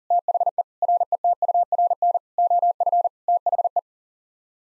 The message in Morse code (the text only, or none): THE RETURN OF THE